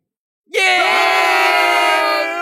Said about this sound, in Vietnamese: Im lặng chỉ trong phút chốc, rồi sau đó tiếng hô giết rung trời, quân hùng cùng nổi dậy, tất cả giết đến đỏ cả mắt, đồng thời công kích về lối vào